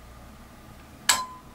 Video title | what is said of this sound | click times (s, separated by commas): How to upgrade a DELL Latitude E6320 (plus Windows 10 update and drivers install) | also pushing down click | 1.1 s